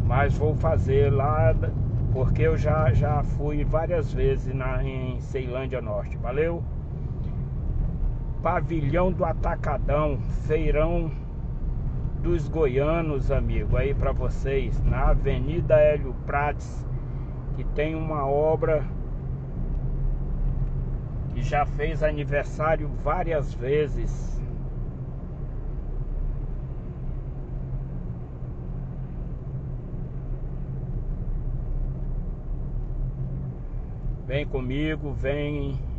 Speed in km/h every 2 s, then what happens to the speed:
40, 42, 44, 45, 44, 45, 46, 49, 51, 52, 52, 51, 51, 51, 52, 51, 51, 49.
0-17 speeds up to 52. 17-36 steady at about 51.